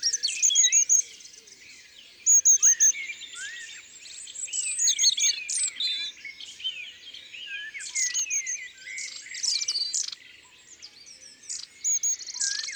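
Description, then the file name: Long-tailed tit calls, rapid high twittering with repeated thin 'see' notes and brief spluttering trills that come in bursts. "Mesange a longue queue ABC des chants doiseaux"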